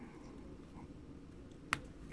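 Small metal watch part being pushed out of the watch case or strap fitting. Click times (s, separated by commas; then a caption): 1.7 s. A small metal part of a custom Seiko SCED039 / SCED041 quartz chronograph watch is pushed outward, by hand or with a tool, out of the watch case or strap fitting. After a low, steady background hiss, a single sharp, bright snap rings out at 1.7 s, followed by a faint tick near the end. The part pops free and is cleared.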